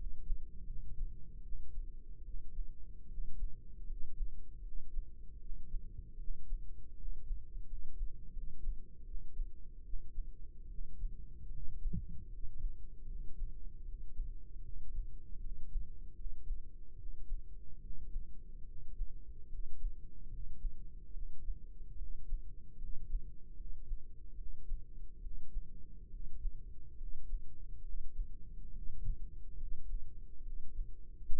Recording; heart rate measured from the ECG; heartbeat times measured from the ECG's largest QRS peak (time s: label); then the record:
heart sounds by microphone in the right ear; 74 bpm
0.65 s: heartbeat
1.41 s: heartbeat
2.22 s: heartbeat
3.06 s: heartbeat
3.84 s: heartbeat
4.60 s: heartbeat
5.38 s: heartbeat
6.16 s: heartbeat
6.94 s: heartbeat
7.65 s: heartbeat
8.31 s: heartbeat
9.03 s: heartbeat
9.82 s: heartbeat
10.67 s: heartbeat
11.49 s: heartbeat
12.27 s: heartbeat
13.05 s: heartbeat
13.83 s: heartbeat
14.61 s: heartbeat
15.39 s: heartbeat
16.14 s: heartbeat
16.95 s: heartbeat
17.79 s: heartbeat
18.64 s: heartbeat
19.47 s: heartbeat
20.28 s: heartbeat
21.11 s: heartbeat
21.95 s: heartbeat
22.76 s: heartbeat
23.54 s: heartbeat
24.35 s: heartbeat
25.19 s: heartbeat
26.08 s: heartbeat
26.96 s: heartbeat
27.82 s: heartbeat
28.71 s: heartbeat
29.55 s: heartbeat
30.41 s: heartbeat
31.32 s: heartbeat
From the record:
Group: healthy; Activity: rest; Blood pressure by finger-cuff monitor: 110/63 mmHg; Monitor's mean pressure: 76 mmHg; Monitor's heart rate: 75 bpm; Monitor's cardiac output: 5.5 L/min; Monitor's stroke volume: 73 mL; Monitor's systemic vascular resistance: 1020 dyn s/cm5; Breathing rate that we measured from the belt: 15 breaths a minute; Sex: male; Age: 20 years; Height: 167 cm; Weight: 61 kg